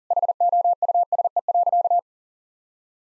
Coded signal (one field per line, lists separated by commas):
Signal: Morse code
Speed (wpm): 40 wpm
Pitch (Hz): 700 Hz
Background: none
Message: HOUSE.